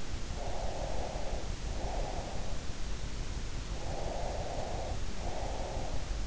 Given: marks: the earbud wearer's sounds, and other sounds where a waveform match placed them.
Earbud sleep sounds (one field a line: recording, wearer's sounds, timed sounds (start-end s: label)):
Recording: sounds in sleep by an in-ear microphone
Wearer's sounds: breath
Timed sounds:
0.31-2.64 s: breath
3.80-6.13 s: breath